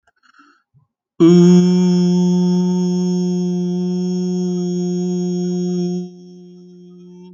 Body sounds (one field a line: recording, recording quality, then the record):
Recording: sustained vowel as in boot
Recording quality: excellent, no background noise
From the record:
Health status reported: healthy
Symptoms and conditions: asthma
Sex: male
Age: 34 years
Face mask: not worn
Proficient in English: yes